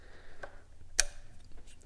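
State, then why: Seated. A new crankcase vent hose from an air-oil separator kit on a Mustang GT350 is pushed onto its fitting until the quick-connect locks. A single sharp click at 1.0 s marks the lock, with fainter ticks around 0.4 s, 1.5 s and 1.8 s. The first hose is confirmed seated.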